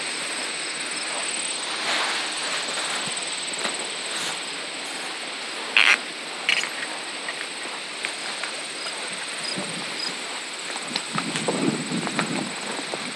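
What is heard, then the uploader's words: Footfalls crunch along a farm trail against a steady outdoor hiss, with a faint high whine running throughout. A couple of sharper knocks stand out near six and six and a half seconds, and a low rumble swells around eleven to twelve seconds. Footfalls on a Farm Trail. Footsteps of your equine friends on the Eastmanville Farm Trail in Coopersville, Michigan.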